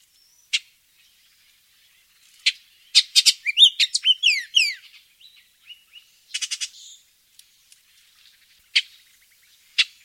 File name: bullocks oriole